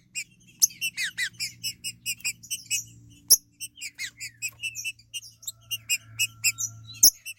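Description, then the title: Green-winged saltator singing quick repeated chirps and short slurred notes over a steady low hum, with a couple of sharp knocks. "Trinca Ferro"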